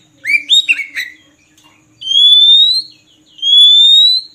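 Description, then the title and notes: Oriental magpie-robin song: a cluster of sharp slurred notes followed by two long, slowly rising pure whistles about a second and a half apart. Long-duration song used to train kept birds to sing actively, day and night. "Kacer Jadi Gacor Siang Malam. Isian Kacer Durasi Panjang"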